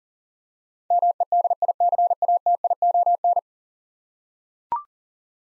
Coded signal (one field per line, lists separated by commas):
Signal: Morse code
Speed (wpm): 37 wpm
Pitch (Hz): 700 Hz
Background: none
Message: MEDICATION